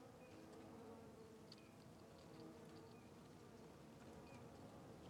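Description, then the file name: Continuous fly buzzing with a shifting, layered hum, plus sparse faint high chirps and light clicks. Flies circling a tree along a trail. "Ambiencia na Trilha do Sertao Zen com Moscas Circudando Arvore"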